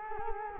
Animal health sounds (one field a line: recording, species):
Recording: mosquito wingbeat signal from an infrared sensor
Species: Culex quinquefasciatus